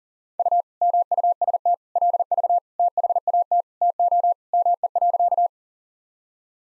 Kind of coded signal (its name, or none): Morse code